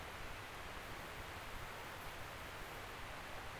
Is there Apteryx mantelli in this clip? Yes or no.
no